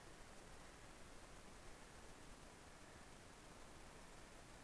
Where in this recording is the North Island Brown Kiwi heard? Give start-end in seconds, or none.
0.00-4.64